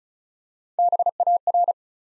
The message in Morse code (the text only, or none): BAR